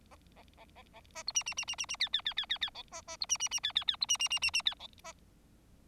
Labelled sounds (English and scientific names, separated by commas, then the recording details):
Bengalese Finch (Lonchura striata domestica) song
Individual Bird4